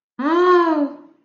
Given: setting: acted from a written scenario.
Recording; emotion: vocal sound without words; relief